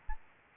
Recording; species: mosquito wingbeat signal from an infrared sensor; Aedes albopictus